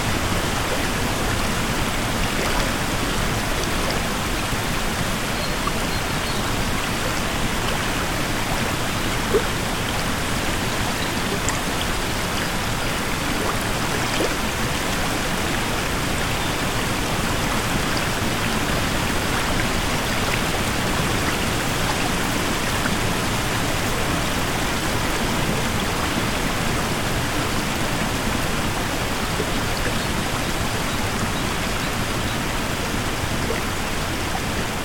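A forest stream runs steadily, its water rushing and babbling in a dense, even wash that spans low gurgles to bright hiss. The level barely changes over the whole stretch, with only tiny splashes standing out now and then. Nothing else intrudes.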